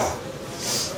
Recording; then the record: coughing mixed with background sound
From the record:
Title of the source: Spring Cold Coughing 2